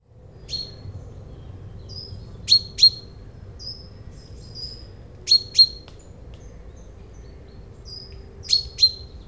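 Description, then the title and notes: Common Chaffinch giving sharp, high paired call notes, a quick double 'pink' repeated about every three seconds, with thin soft whistles between over a steady low rustling background. Chaffinch on a hedgerow island among maize fields taller than people in Yenne, France; recorded with a stereo parabolic microphone and handheld recorder. "Champs de maïs - Yenne, France - ça pépiait dans les maïs. Au coeur de cette mer végétale nous trouvons refuge sur une île-bocage et pointons notre parabole sur un Pinson des arbres"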